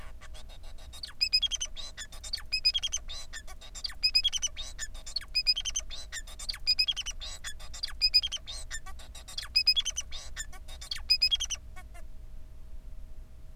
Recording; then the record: song of a male Bengalese finch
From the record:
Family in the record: son of father 4